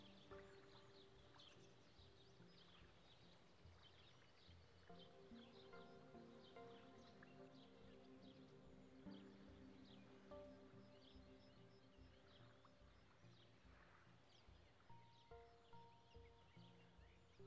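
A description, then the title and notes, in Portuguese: Lakeside ambience at the edge of a Canadian lake, with scattered bright bird chirps and calls throughout. Steady, held tones come and go beneath them, with a few higher whistles near the end, over a constant low rumble. Na beira de um lago canadense.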